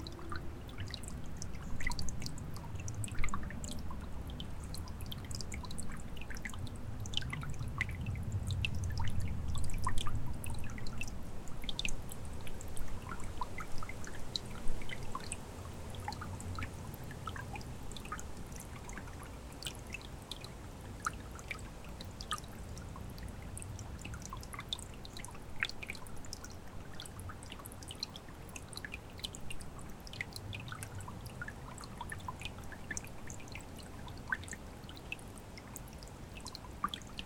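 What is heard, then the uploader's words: A forest stream babbles steadily with a low rumble, while quick bright drips and splashes scatter throughout, busier in the first fifteen seconds. Tranquil Forest Stream | New Forest National Park.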